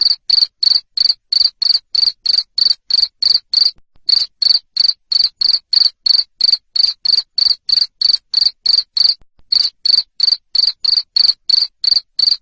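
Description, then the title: Cricket chirp: a long, rapid series of shrill pulses at a steady pace, interrupted by two brief pauses. Loud cricket chirping played to make lovebirds sing continuously. "Suara JANGKRIK NGERIK Keras Bikin LOVEBIRD Jadi NGEKEK Terus Vubey"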